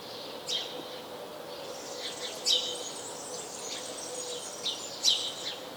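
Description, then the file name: House sparrow chirps, sharp descending notes given irregularly, a few louder than others, over a steady high hiss. "Passer domesticus"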